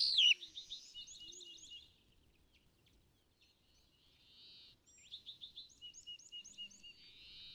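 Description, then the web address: California thrasher song: a sharp note, repeated chattering phrases, a quiet gap, then more repeated notes and warbles. "birdsongforthecurious California Thrasher"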